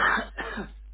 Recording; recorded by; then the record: voluntary cough; telephone call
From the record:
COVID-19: positive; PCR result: self-reported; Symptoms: yes